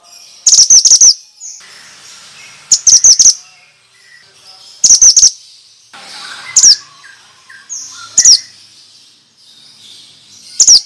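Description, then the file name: Bird calls in quick bursts of shrill repeated chirps about every two seconds, with single sharp notes and faint high whistles in between. Lure for stressed birds, Indonesian 'suara mantenan' sound. "Pancingan Ampuh Burung Stress Suara Mantenan"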